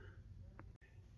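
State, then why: Seated. A push-to-connect fitting is slid onto PEX pipe until it locks on, with a sharp click at 0.6 s. The marker line on the pipe disappears, showing the fitting has gone on with two clicks and is seated.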